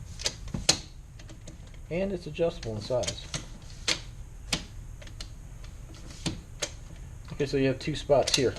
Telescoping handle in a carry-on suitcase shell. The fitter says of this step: Now this one here actually does lock into place. That's nice.